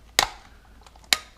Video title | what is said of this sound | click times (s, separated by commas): Samsung Gear VR Unboxing and Setup (Deep Dive) | there we go. Okay, we're clicked in. | 0.2 s, 1.1 s